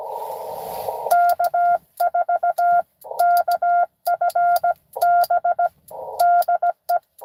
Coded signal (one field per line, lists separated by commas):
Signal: Morse code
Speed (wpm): 17 wpm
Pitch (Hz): 700 Hz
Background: none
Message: K4KFB DE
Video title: N2AKJ is live! doing pota at us-2114 #pota #cw #n2akj